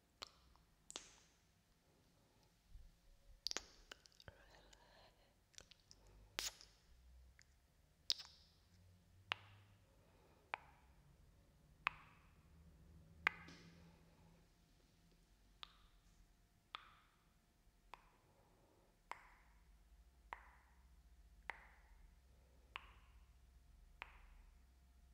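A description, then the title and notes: Kiss sounds arrive as sharp, bright smacks, irregular at first, then settling into a steady rhythm about once a second over a low rumble. ASMR BINAURAL KISS SOUNDS.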